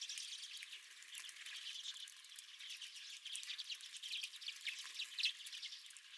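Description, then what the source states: Redpoll flock calls, a busy mix of rapid high twittering chips and buzzy notes overlapping continuously, one sharper call near the end. Redpolls at the recordist's feeder.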